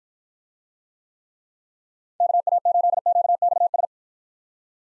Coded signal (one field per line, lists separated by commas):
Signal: Morse code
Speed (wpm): 53 wpm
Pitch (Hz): 700 Hz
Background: none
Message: KA8QXS